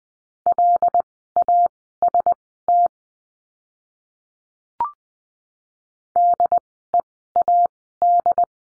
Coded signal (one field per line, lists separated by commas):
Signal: Morse code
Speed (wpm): 20 wpm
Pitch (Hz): 700 Hz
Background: none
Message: LAST DEAD